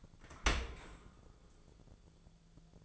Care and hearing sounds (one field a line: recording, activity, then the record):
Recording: daily activity, microphone in the room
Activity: open dishwasher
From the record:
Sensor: 5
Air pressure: 1000.5 hPa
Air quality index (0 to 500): 151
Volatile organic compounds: 2 ppm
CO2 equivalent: 1161 ppm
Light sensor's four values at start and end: 41/93/40/43 and 41/94/40/43